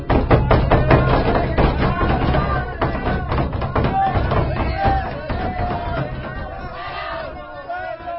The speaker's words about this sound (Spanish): De repente, un día, ahora en que los religiosos no acostumbraban recibir visitas ni atender conferencias, se oyeron precipitados llamados de la campanilla y recios golpes a la puerta del convento.